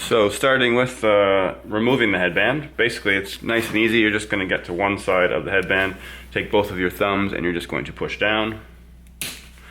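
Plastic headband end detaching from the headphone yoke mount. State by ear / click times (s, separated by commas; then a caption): released / 9.2 s. Someone talks while pushing down with both thumbs on one side of the plastic headband of a Sennheiser HD800/HD800S/HD820 headphone to remove it. A sharp click at 9.2 s marks the headband end separating from the plastic mount on the headphone yoke, releasing it.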